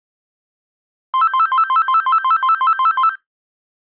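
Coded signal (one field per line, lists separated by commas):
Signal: none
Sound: cordless phone ringtone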